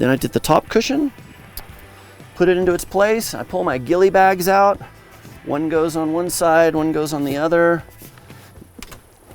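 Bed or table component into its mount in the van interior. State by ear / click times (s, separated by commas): seated / 8.8 s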